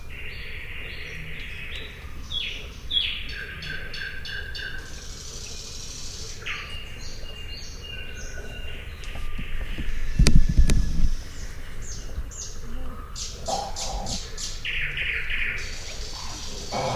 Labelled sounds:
Eurasian Beaver call
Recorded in the wild
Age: subadult
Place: Kützerhof, Kummerower See, Mecklenburg-Vorpommern, DE
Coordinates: 53.8481, 12.885
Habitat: alluvial forest
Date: 2008-05-15
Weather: clear night, first quarter moon, 10°C, no wind
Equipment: Sound Devices 702, Sennheiser MKH 70, Windkorb
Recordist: Frommolt, Karl-Heinz

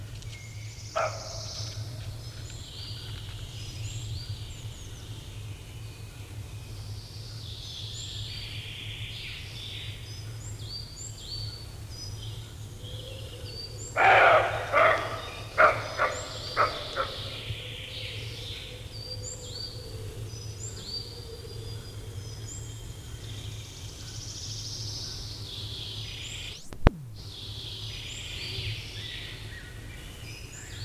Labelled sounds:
Western Roe Deer barking
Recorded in the wild
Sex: female
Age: adult
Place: Feldberg - Koldenhof, Mecklenburgische Seenplatte, Mecklenburg, DE
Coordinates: 53.3294, 13.3136
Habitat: beech forest
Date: 1976-06-26 18:58
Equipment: Uher CR 210, Sennheiser MD 421 HL, Verstärker, Reflektor, Kopie Uher 4200
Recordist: Tembrock, Günter

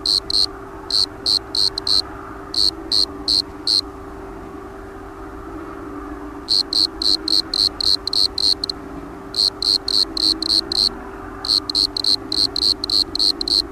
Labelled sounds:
Bordeaux Cricket stridulation
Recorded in the wild
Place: Brazo de la Torre, ES
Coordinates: 37.0958, -6.18
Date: 1971-03-22
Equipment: Uher Report 4200, AKG D190C in Doppel-Parabolreflektor
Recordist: Krey, Winfried

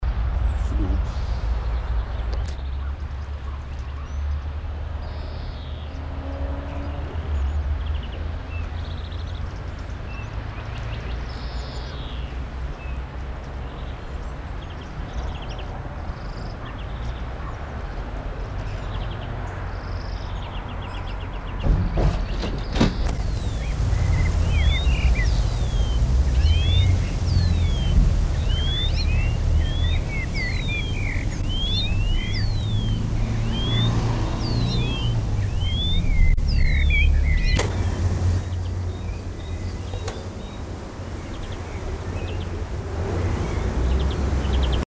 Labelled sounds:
European Greenfinch song
Common Blackbird
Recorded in the wild
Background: Canis lupus f. familiaris, Turdus merula
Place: Kaiserslautern, Rheinland-Pfalz, DE
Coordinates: 49.4372, 7.80972
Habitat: garden
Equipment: Uher 4000 Report
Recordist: Tretzel, Erwin
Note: Ostern 1980, Garten, Kaiserslautern: Gesang "hüi-zü"

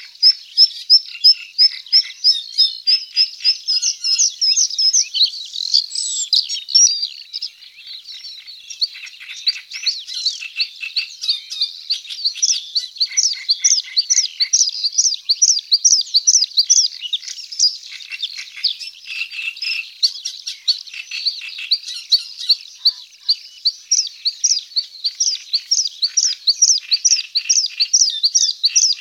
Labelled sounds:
Bluethroat song
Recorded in the wild
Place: Nagyivan / Hortobagy Nationalpark, HU
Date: 1990-05-25
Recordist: Schwarz, Dieter

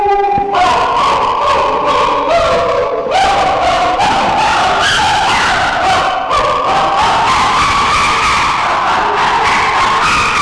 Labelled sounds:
Chimpanzee
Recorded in captivity
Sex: group
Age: diverse
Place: Tierpark Berlin, Berlin, DE
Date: 1966-10-05
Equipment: Tesla Uran
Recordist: unbekannt, keine Angabe

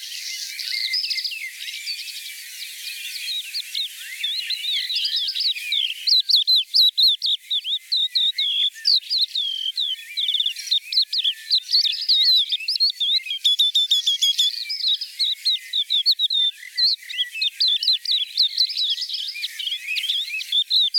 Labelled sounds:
Crested Lark song
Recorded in the wild
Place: Breisach/Kaiserstuhl, Baden-Württemberg, DE
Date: 1985-06-30
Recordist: Schwarz, Dieter
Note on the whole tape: Song

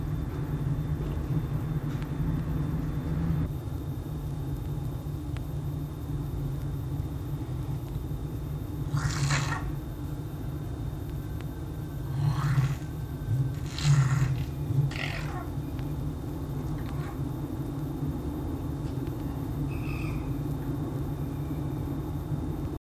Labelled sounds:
Red Fox
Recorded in captivity
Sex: female
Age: adult
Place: Zoologisches Institut der HUB, Berlin, DE
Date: 1956-01-13 18:30
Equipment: Elmetra
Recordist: Tembrock, Günter
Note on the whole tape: Fiffi: LKr (g) - LKr (v)

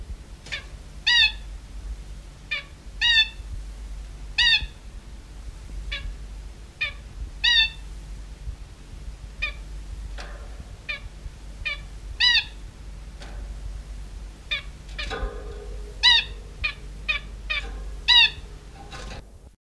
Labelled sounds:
Zebra Finch call
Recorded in captivity
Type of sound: call
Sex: diverse
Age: adult
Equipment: Halbspur, 9,5 cm/s
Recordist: Lütgens, Hans
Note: Zwiesprache, Männchen mit hellen, kräftigen Lauten

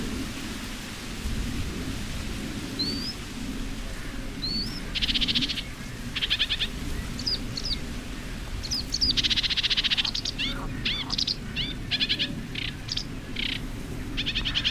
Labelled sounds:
Sedge Warbler song
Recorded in the wild
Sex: male
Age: adult
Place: Zarnekow, Peenetal, Mecklenburg-Vorpommern, DE
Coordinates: 53.8772, 12.8892
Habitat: wetland
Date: 2010-06-08 21:50
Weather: fair, 20°C, weak easterly winds
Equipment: Sound Devices 702, Sennheiser MKH 70, Rycote Windschutz
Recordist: Frommolt, Karl-Heinz

